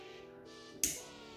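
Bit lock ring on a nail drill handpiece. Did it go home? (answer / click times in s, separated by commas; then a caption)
released / 0.8 s. The locking ring on a rechargeable nail drill handpiece is twisted to unlock it so the bit can be removed, with steady music playing underneath. A single sharp, distinct click sounds at 0.8 s, and the handpiece is unlocked.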